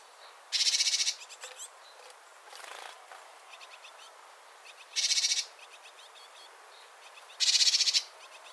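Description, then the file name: Great tit harsh buzzy churrs, three short bursts spaced a few seconds apart, with faint ticking notes between them. "Parus major"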